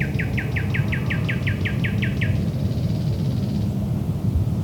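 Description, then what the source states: Thrush nightingale song: a fast series of about twelve loud, identical chopping notes, then a faint buzzy rattle, over low rumbling noise. Recorded at Lohne in 2010.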